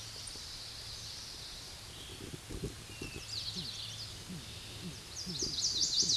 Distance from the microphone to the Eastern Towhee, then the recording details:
about 35 m. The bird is about 5 m below the microphone. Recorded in a Pennsylvania forest on 16 May 2024 at 09:51. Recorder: AudioMoth, point MSD-2007. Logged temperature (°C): 16.1 °C. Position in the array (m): 3 m, 44 m